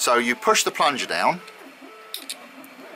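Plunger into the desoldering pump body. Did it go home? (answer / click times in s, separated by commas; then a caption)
yes / 2.1 s, 2.3 s. Someone talks while pushing the spring-loaded plunger of a desoldering pump (solder sucker) down into the pump body until it latches in the cocked position. After the speech stops, two short, sharp clicks sound at 2.1 and 2.3 seconds as the plunger seats and locks down.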